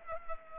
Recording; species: mosquito wingbeat signal from an infrared sensor; Culex pipiens